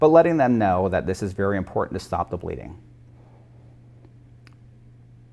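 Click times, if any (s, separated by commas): 4.5 s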